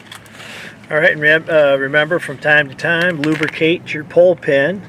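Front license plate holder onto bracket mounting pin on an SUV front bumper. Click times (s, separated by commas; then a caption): 0.1 s. A front license plate holder is pushed onto the mounting pin of a bracket on the front bumper of a 2018-2024 Infiniti QX80 SUV until it latches. A sharp, short click is heard at 0.1 s, signaling it is seated, after which someone talks.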